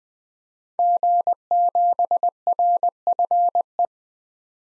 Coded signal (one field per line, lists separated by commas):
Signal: Morse code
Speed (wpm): 20 wpm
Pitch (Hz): 700 Hz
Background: none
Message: G7RFE